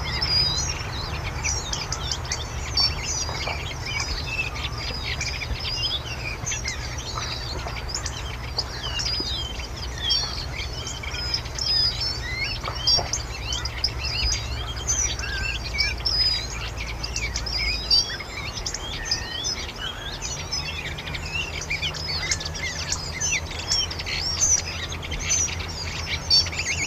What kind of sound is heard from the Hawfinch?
call